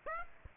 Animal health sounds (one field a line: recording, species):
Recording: mosquito wingbeat signal from an infrared sensor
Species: Aedes aegypti